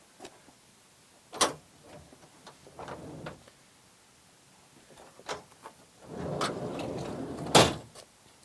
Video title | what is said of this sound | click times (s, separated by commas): 2005 Monaco Camelot 38PDQ Side Radiated ISL Cummins 400hp, RR8S Chassis (sold) | And again, it stops there, it comes out farther, but it locks into place at multiple points. | 1.4 s, 6.4 s